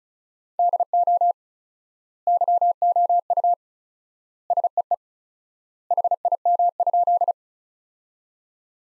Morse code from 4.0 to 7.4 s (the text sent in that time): SEE HIM?